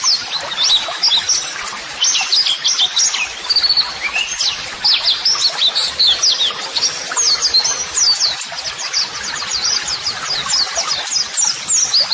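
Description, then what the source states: White-eye song, a busy stream of high-pitched chirps, trills and slurred whistles running nonstop. White-eye (pleci) singing vigorously ('gacor'), used as a model song (masteran) for training.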